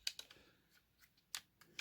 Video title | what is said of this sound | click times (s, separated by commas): GI Joe Retro Collection A.W.E. Striker Needless Unboxing | Those should pop into place. | 0.1 s, 1.4 s